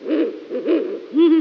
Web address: Strix uralensis